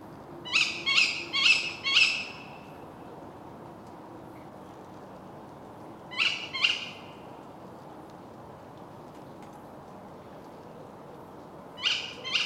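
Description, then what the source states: Tawny owl calling in harsh, shrill bursts: four rapid calls, a pause, two more, then another pair at the end, over a faint low hum. Female.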